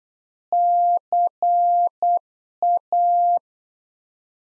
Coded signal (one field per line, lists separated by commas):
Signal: Morse code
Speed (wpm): 8 wpm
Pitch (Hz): 700 Hz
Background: none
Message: CA